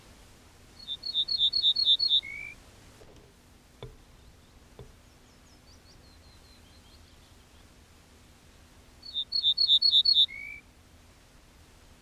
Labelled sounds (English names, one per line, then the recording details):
Ortolan Bunting song
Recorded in the wild
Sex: male
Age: adult
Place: Schloß Holte-Stukenbrock, Senne, Nordrhein-Westfalen, DE
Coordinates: 51.8769, 8.66306
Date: 1967
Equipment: Uher 4000 Report-S, Bändchenmikro Beyer M 260, Parabolspiegel Polyester (470 mm)
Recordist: Conrads, Klaus
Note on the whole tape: An der Detmolder Straße nördlich Hof Hachmann (Furlbach-Gebiet). Männchen: Gesang. Keine genaue Datumsangabe: Mai/Juni 1967